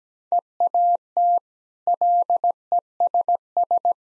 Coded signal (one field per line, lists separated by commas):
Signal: Morse code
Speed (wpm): 17 wpm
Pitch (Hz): 700 Hz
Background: none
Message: EAT LESS